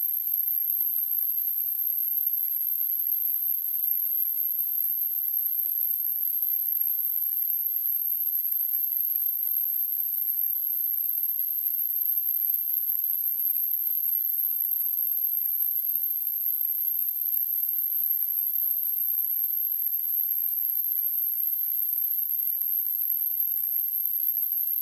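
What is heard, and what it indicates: Simulated tinnitus: a continuous, steady, very high-pitched tone near 12 kHz over a faint background hiss.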